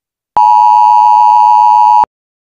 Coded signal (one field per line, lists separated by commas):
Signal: Emergency Alert System (SAME) tones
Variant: 853 and 960 Hz attention tone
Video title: EAS Scenario:They Inside